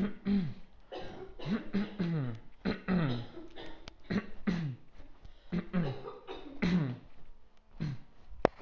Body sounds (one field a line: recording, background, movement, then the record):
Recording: throat clearing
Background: a bystander coughing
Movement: walking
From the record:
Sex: male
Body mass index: 20.5 kg/m2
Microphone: on the chest, facing outward